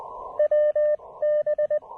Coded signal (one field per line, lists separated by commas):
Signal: Morse code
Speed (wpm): 21 wpm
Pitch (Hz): 590 Hz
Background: none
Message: WB